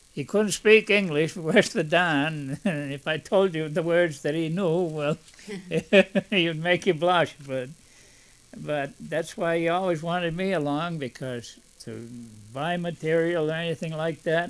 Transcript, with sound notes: he couldn't speak English worth a darn. If I told you the words he knew, (he laughs) it would make you blush, but, but that's why he a;ways wanted me along because to buy material or anything like that.